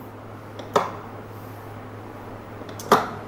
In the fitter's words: lock అయింది ఇదొచ్చి